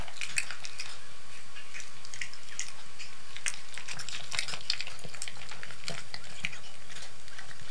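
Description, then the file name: Cat eating: dense, crackling smacks and wet chewing clicks continue without pause. Domestic cat eating canned cat food. "Digiffects Sound Effects Library - Cat Eating Canned Cat Food"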